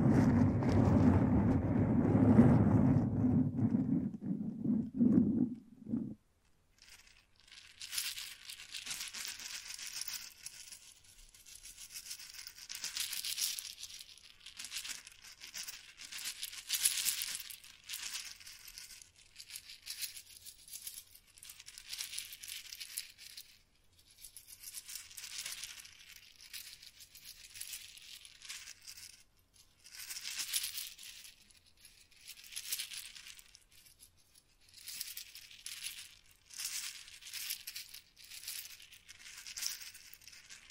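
A microphone is brushed and scratched. The first six seconds hold a loud, low, rumbling rub, then it drops out. After that come thin, bright scratchy strokes in uneven bursts every second or two, rising and falling through to the end.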